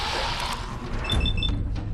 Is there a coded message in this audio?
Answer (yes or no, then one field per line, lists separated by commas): no